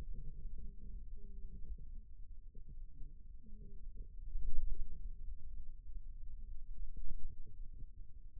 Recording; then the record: forearm muscle sounds (acoustic myography)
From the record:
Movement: ulnar deviation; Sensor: system 2, bracelet of six BSWA MPA416 microphones around the upper forearm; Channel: 2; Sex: male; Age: 22 years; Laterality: right